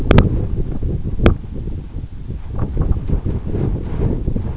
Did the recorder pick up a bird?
no